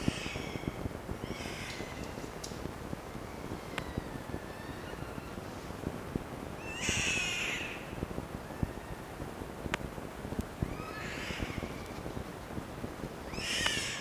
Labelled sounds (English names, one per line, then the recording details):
Red Fox
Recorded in captivity
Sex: male
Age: diverse
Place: Zoologisches Institut der HUB, Berlin, DE
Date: 1954-04-23 10:00
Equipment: Elmetra
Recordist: Tembrock, Günter